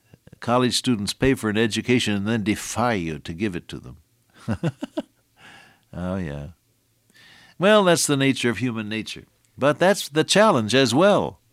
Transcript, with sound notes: “College students pay for an education and then defy you to give it to them.” [chuckle] Oh, yeah. Well, that’s the nature of human nature, but that’s the challenge as well,